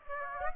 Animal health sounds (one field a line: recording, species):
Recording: mosquito wingbeat signal from an infrared sensor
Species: Aedes aegypti